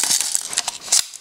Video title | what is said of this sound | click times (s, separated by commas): Airsoft Hero Review: Cybergun M14 Socom Airsoft Electric Rifle -ASTKilo23- | it's very much like an AK you simply roll it in and it clicks into place | 0.6 s